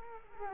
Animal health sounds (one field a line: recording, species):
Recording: mosquito wingbeat signal from an infrared sensor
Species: Culex quinquefasciatus